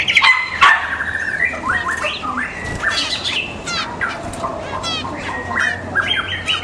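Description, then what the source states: White-rumped shama song, a dense varied stream of whistles, slurred notes and harsh chatters over steady background hum. In the forest.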